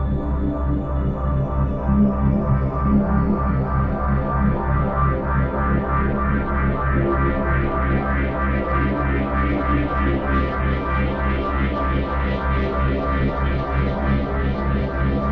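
A full-spectrum binaural tone built on a low C# hum, with a steady stack of evenly spaced tones running from deep bass up into a bright hiss. The sound holds constant throughout, with a fast, regular pulsing flutter that becomes more pronounced in the upper range after the midpoint.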